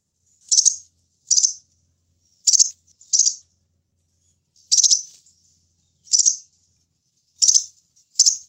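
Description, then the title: Sunbird chirping: short, sharp high bursts given singly or in quick pairs, spaced unevenly about a second apart, with no other sounds. "kicau kolibri"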